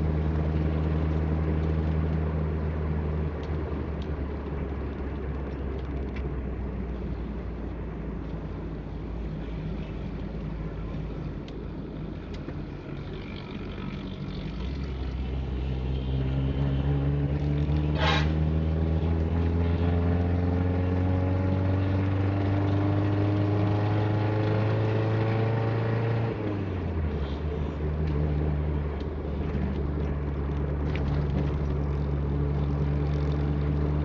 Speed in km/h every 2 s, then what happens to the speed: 52, 46, 41, 36, 35, 34, 30, 30, 35, 40, 44, 48, 51, 50, 47, 47, 49.
0-12 slows to 30. 14-23 speeds up to 51. 23-34 steady at about 49.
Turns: none.